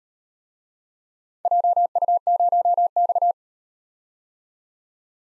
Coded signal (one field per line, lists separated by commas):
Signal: Morse code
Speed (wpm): 38 wpm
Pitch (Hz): 700 Hz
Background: none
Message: JU0X